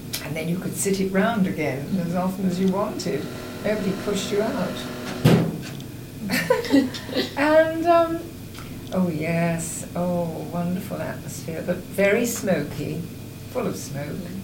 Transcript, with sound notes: And then you could sit it round again, for as often as you'd want to. Nobody pushed you out. [laughs] And erm, oh yes! Oh, wonderful atmosphere. But very smoky, full of smoke.